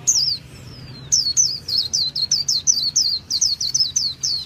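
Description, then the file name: White-eye song: a brief opening note and a faint sliding whistle, then a fast run of high, thin, slurred notes, over a low steady hum. Song style called 'líu' in Vietnamese. "tieng khuyen liu"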